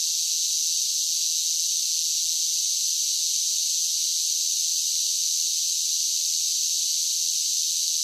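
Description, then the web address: Cicadas droning in a steady, unbroken high-pitched hiss that holds the same level throughout. "Blast Wave Insect Cicadas"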